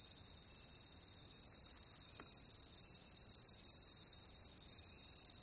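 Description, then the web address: Crickets calling in a constant shrill chorus, an unbroken high trill that swells slightly at the start, with a faint brief click midway. "Echoes of Nature - Jungle Talk. Crickets"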